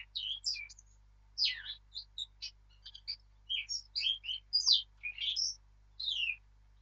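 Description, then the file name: Eurasian blackcap song: a rich, varied warble of quick high notes and short phrases, some rising and falling sharply, continuing throughout with brief pauses. "Sylvia atricapilla"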